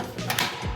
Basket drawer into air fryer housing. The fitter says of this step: it Click sounds back like in. it's got good craftsmanship.